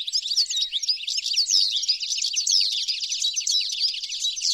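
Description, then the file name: European goldfinch twittering steadily, a busy stream of bright, liquid chirps and slurred high notes that barely pause throughout. "Carduelis carduelis"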